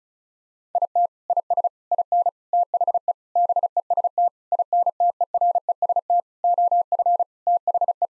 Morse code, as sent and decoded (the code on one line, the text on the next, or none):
.. - / .. ... / .. -. / - .... . / -... . ... - / .. -. - . .-. . ... - / --- ..-. / - .... .
IT IS IN THE BEST INTEREST OF THE